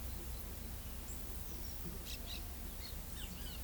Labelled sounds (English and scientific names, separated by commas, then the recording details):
Orange-chinned Parakeet (Brotogeris jugularis), Great Kiskadee (Pitangus sulphuratus)
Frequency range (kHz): Orange-chinned Parakeet (Brotogeris jugularis) 2.4-8.9 kHz; Great Kiskadee (Pitangus sulphuratus) 1.1-5.1 kHz
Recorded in pastures near Pivijay, Magdalena, Colombia, on 3 June 2023 at 10:30
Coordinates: 10.456, -74.369
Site P6-G026